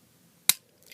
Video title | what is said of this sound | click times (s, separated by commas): Video Review of the Transformers Animated Deluxe Class: Ironhide | click it and now it's locked into place | 0.5 s